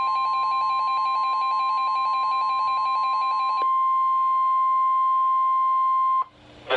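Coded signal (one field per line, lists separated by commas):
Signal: Emergency Alert System (SAME) tones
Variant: 1050 Hz attention tone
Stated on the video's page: Real NOAA Weather Radio alerts from two transmitters, received on a Reecom R1630 with an external antenna; one transmitter's signal sounds poor.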